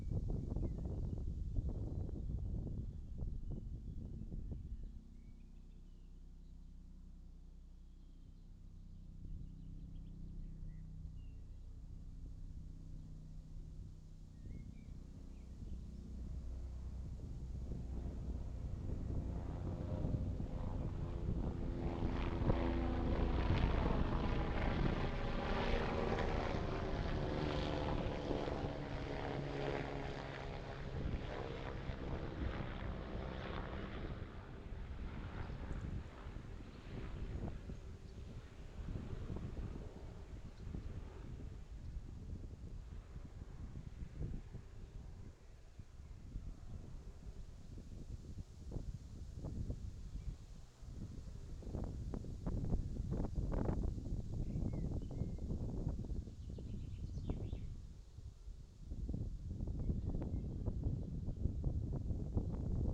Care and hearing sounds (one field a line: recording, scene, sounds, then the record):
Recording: everyday scene through a hearing-aid microphone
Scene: wind on the microphone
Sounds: wind, low-flying plane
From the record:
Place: in front of a rural house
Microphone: in the ear canal, left